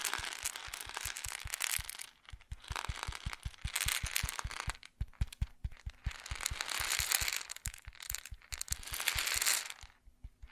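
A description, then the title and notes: Grain rattles and pours in dense, crackling bursts, bright and gritty, rising and falling in waves that pause briefly around two and five seconds. Underneath, a steady run of soft low thumps ticks along at a quick, even pace throughout. ASMR Grain Sounds (No Talking).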